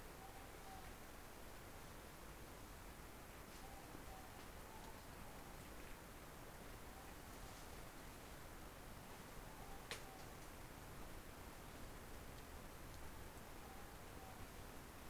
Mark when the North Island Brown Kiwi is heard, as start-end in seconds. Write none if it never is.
none